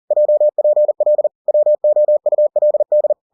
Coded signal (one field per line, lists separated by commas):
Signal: Morse code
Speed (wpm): 40 wpm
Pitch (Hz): 600 Hz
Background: none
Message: JPL WOULD